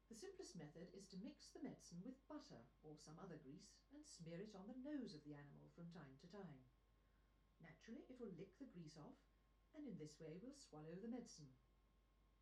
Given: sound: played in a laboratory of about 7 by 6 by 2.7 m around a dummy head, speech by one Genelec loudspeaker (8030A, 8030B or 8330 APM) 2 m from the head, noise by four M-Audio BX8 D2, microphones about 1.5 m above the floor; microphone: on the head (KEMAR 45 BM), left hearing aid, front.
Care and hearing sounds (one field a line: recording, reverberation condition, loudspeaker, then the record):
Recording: female speech in English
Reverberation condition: low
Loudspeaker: 120 degrees to the right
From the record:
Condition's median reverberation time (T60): about 310 ms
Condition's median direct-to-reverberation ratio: about 3.5 dB